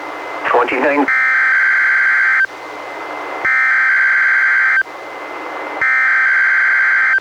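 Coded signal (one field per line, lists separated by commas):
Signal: Emergency Alert System (SAME) tones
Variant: header bursts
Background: speech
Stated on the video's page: Weather radio weekly tests relayed by an NWR station, recorded from a Reecom R-1630 weather radio through a Zoom H1 recorder.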